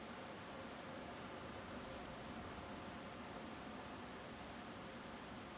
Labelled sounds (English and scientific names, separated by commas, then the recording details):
Song Thrush (Turdus philomelos)
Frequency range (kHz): Song Thrush (Turdus philomelos) 7.3-10.7 kHz
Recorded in France